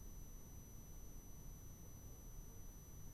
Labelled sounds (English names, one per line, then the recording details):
none
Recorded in France